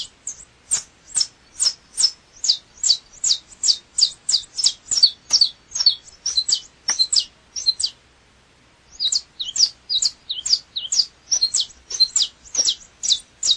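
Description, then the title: Double-collared seedeater song: quick, high, sharp notes in a rhythmic series, pausing for about a second partway, then continuing at the same brisk tempo. "Canto Coleiro"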